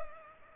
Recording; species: mosquito wingbeat signal from an infrared sensor; Culex pipiens